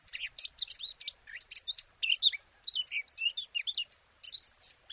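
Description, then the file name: Eurasian blackcap song, short clusters of rich chattering and looping whistles in quick succession, with a short pause near four seconds. "Sylvia atricapilla"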